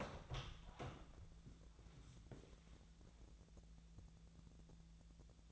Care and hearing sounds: daily activity, microphone in the room; open door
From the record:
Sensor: 3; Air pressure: 1000.4 hPa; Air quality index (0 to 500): 175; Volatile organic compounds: 3 ppm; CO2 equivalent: 1524 ppm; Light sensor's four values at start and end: 13/31/13/13 and 13/31/13/14

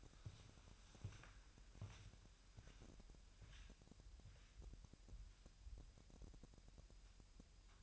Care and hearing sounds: daily activity, microphone in the room; walk to room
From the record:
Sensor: 2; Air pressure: 1001.8 hPa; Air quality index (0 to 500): 248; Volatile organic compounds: 36 ppm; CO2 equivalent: 3086 ppm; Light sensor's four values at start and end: 5/11/4/5 and 5/12/5/5

